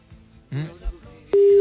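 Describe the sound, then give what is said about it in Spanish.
A steady, unbroken telephone line tone cuts in abruptly and holds loud and even after a brief stretch of muffled voices and rustling. “Voy a llamar a otra parte para ver si acaso encuentro en otro lado.”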